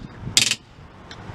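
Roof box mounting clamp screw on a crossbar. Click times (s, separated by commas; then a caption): 0.4 s, 0.5 s, 1.1 s. The supplied tool tightens the large screw on top of a CVX roof box mounting clamp on a crossbar until the built-in torque limiter gives way. A bright, ratcheting click bursts at 0.4 s and 0.5 s, and a fainter click follows at 1.1 s over a low background hum. The clicks show the box is torqued to the correct specification.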